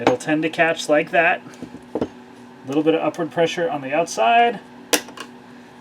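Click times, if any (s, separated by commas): 5.2 s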